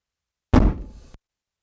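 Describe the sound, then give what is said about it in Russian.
A single dull, heavy thud against a castle door, low and booming, with a short rumbling decay that fades out in about half a second. “Кто бы там ни был, он продолжал стучать или, возможно, бросаться с разбегу на дверь, потому что вместо обычного стука раздавались мерные глухие удары.”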